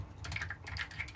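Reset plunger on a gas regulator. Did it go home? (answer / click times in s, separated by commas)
no / none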